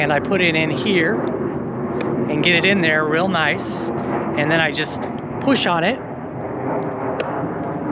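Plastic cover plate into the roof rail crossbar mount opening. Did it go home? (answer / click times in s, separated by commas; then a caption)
yes / 7.2 s. Someone talks while a plastic cover plate is fitted back into the roof rail opening on a RAV4 Prime crossbar mount, short side first, then pushed home by hand as the crossbars are removed to return the car to stock. A sharp snap at 7.2 s marks the plate seating nice and tight.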